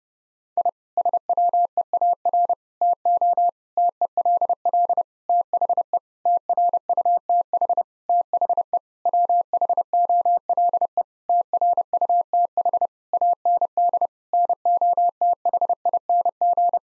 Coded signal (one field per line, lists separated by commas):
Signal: Morse code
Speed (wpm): 30 wpm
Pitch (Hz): 700 Hz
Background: none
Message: I SWEAR TO TELL THE TRUTH THE WHOLE TRUTH AND NOTHING